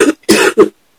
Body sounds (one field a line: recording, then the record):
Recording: coughing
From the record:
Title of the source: 60 coughing still (deep and wet cough)